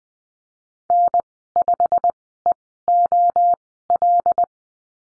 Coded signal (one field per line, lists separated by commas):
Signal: Morse code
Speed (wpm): 20 wpm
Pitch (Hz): 700 Hz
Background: none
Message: N5EOL